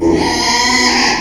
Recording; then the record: squeal of a Yucatan mini pig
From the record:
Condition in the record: after surgery on the right vocal fold (resection and tissue-engineered implant); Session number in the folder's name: 2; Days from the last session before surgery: 13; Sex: male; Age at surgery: 12 weeks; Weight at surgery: 13 kg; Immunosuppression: cyclosporine, prednisolone